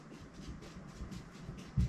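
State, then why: Not seated. Metal fold-out stabilizer legs on a single gas burner are being unfolded toward about 120 degrees, where they should lock. Soft, low handling rustles and bumps are heard, with a louder low thud near the very end at about 1.8 s. Nothing has clicked or seated yet.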